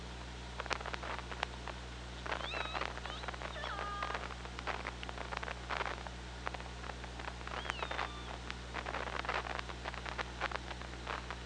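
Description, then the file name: Killer whale calls, upswept tones followed by flat whistles, recur twice amid constant clicking and a steady low hum. Hydrophone at OrcaLab, 24 August 2017, 15:49. "Orca Lab UTLN JASON 20170824 154929"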